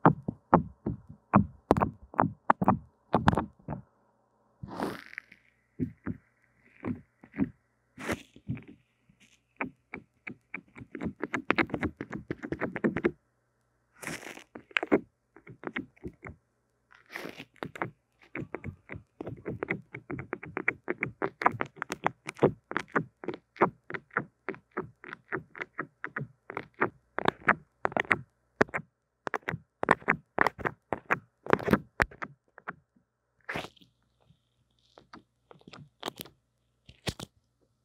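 Brushing and tapping on a microphone: quick, sharp taps come in rapid runs, some nearly regular, others scattered. Softer, scratchy brushing fills stretches around 10–13 and 20–23 seconds. Short silent pauses break up the sequence, and the taps thin out toward the end.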